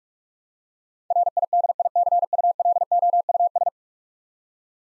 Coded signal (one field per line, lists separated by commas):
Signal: Morse code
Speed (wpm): 46 wpm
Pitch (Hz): 700 Hz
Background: none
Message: RIDICULOUS